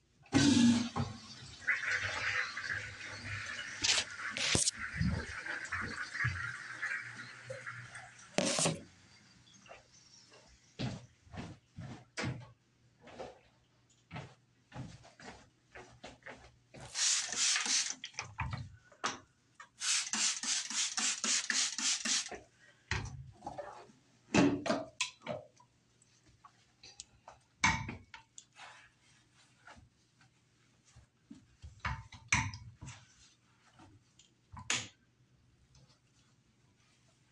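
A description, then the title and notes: Cleaning sounds: a dense rubbing, wiping hiss fills the first eight seconds, then gives way to scattered sharp taps and clicks. Two bright bursts of spray hiss come around 17 and 20 seconds, over a faint low hum. Spraying, wiping, and vacuuming.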